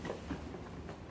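A small plastic toggle piece is handled and slotted toward a hole in the body of a Dyson Baby vacuum cleaner, with quiet scraping and brief soft knocks near 0.1 and 0.9 seconds. Nothing has seated or clicked yet by the end of the clip.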